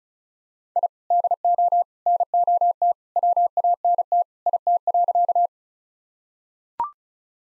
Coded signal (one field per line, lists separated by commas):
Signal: Morse code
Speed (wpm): 34 wpm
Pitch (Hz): 700 Hz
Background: none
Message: I DO NOT WANT IT.